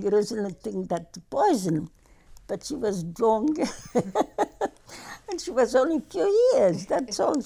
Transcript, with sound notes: It isn't anything that's poison, but she was drunk. (laughs) And she was only three years, that's all.